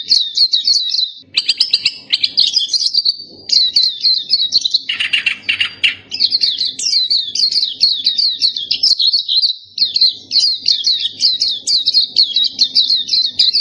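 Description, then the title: Nightingale song: long bursts of rapid, high, chattering notes repeated in quick succession, broken by a harsher rasping section in the middle, then the rapid chirped run resumes. Tutor song used for training pet songbirds to sing. "nightingale masteran"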